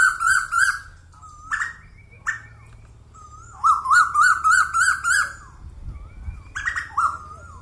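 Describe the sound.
Bird song: several rich, warbling notes opening into a rapid rippling series of wavering whistles, then more scattered notes.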